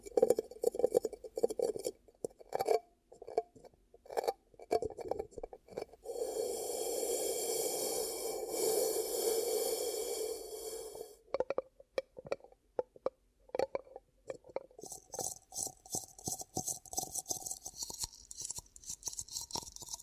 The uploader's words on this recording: ASMR 10 Ear Cupping Triggers for Deep Sleep & Relaxation (No Talking).